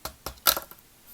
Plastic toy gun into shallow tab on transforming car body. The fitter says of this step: I guess it kind of tabbed in but he's not going to be in the car mode on my shelf so